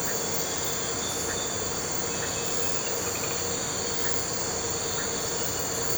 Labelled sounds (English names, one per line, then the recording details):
none
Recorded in pastures near Puerto Asís, Putumayo, Colombia, on 4 March 2025 at 03:00
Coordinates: 0.466, -76.322
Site CSA-02